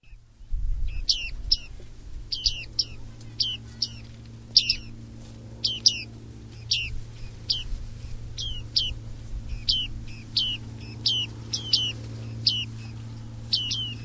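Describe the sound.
Bird giving sharp high chirps, often doubled, repeated steadily throughout above a low rumbling hum.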